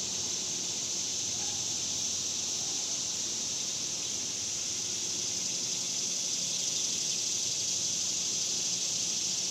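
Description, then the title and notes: Cicadas droning in one unbroken, even, high-pitched buzz that swells slightly near the end. Cicadas outdoors in summer in the suburbs. "Ext Summer Cicadas, Suburbs by Bandeto"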